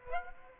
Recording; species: mosquito wingbeat signal from an infrared sensor; Aedes aegypti